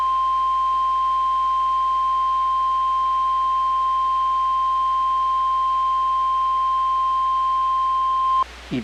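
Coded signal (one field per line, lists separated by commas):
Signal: Emergency Alert System (SAME) tones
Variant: 1050 Hz attention tone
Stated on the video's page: Mock high wind warning alert using real SAME headers.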